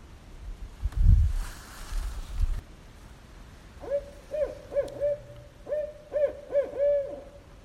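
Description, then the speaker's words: Barred owl hooting: a low rumble and rustle early on, then a run of steady, evenly pitched hoots with downward-dropping ends, repeated in short bursts over the last four seconds. Barred owls calling at night in a driveway in New Hampshire; the calls echo into the night. "You can hear the barred owls echoing into the night."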